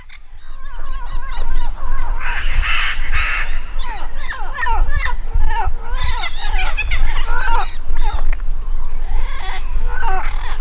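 Bird calls, a dense chorus of harsh, harmonic notes from several birds overlapping throughout, over a steady low rumble.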